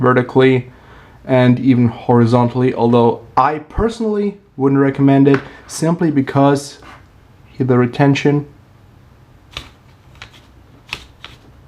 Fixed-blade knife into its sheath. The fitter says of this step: it just slips in, doesn't click in like